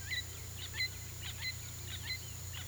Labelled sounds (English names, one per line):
Orange-winged Amazon